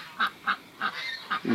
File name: canto do pato de pequim